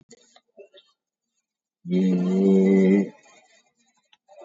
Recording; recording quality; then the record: sustained vowel as in made; moderate, slight background noise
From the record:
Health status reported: COVID-19 positive, mild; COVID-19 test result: positive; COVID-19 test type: RT-PCR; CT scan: taken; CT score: 10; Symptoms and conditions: sore throat, hypertension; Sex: male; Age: 56 years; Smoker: no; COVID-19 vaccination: one dose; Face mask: worn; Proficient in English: yes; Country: India